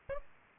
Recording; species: mosquito wingbeat signal from an infrared sensor; Aedes aegypti